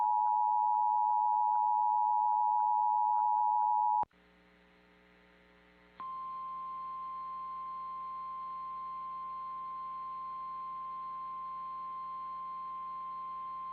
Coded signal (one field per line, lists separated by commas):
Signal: Emergency Alert System (SAME) tones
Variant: 853 and 960 Hz attention tone